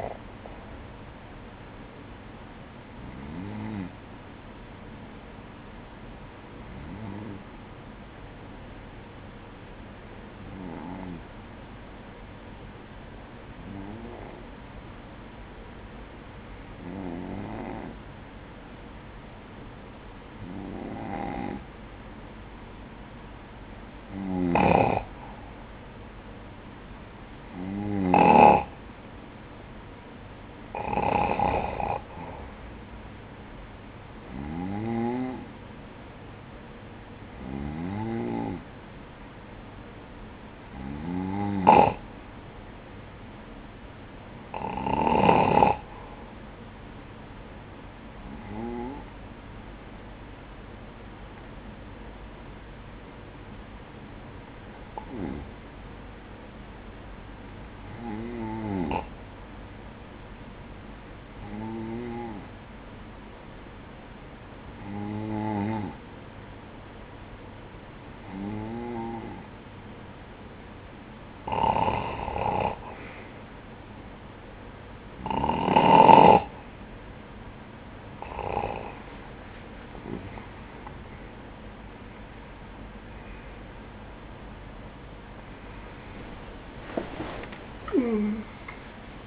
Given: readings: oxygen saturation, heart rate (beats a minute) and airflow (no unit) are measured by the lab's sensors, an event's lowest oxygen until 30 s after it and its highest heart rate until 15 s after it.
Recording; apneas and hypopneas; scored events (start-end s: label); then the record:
breathing in sleep by a voice recorder at the bedside; 2
3.00-32.10 s: hypopnea (N2, oxygen 96% highest, then 93% lowest, heart rate 59 at the start, 59 highest)
48.00-84.10 s: hypopnea (N2, oxygen 95% highest, then 92% lowest, heart rate 58 at the start, 77 highest)
From the record:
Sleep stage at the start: N2 (light sleep); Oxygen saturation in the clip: 93 to 96%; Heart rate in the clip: 54 to 68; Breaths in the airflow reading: 24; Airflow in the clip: -14.0 to 10.8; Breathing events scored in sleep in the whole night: 180 in 6.7 hours asleep